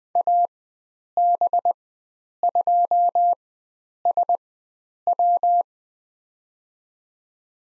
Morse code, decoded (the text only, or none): AB2SW